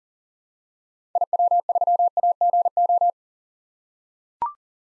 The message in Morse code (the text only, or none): IW3AGO